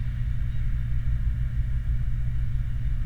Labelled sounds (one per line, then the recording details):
vehicle
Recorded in the Prudhoe Bay oil fields, Alaska, on 29 July 2019 at 01:07
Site 29